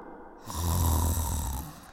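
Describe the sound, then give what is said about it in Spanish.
A voice imitates the snore of a lazy sleeping bear: one long, loud, low rumbling snore lasting over a second, with no talking around it. “Tengo un oso perezoso al que le gusta dormir.”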